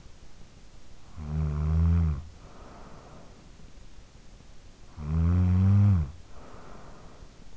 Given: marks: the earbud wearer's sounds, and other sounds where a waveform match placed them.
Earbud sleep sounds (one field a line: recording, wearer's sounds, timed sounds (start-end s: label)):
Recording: sounds in sleep by an in-ear microphone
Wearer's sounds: snoring breath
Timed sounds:
0.95-3.68 s: snoring breath
4.56-7.57 s: snoring breath